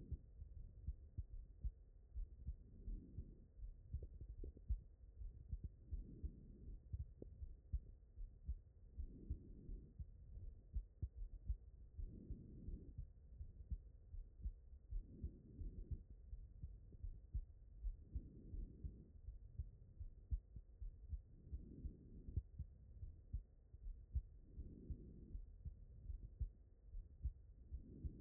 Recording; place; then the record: heart sounds by stethoscope; pulmonary valve (PV)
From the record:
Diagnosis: non-HFrEF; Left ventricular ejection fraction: 60%